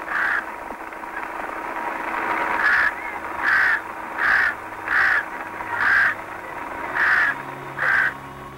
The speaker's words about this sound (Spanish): Simplemente del graznido lúgubre y fúnebre de los cuervos que se han hecho dueños de la soledad miserable y doliente allí en la gran tumba pakistaní.